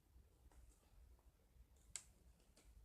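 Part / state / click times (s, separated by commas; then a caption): plastic brick onto a brick build / seated / 2.0 s. After an earlier failed attempt, a plastic brick is pressed again onto a brick build, with a few faint soft ticks before and after. It snaps on with one sharp click at 2.0 s, and the brick is seated.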